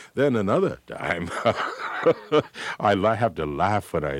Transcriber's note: soundbite of laughter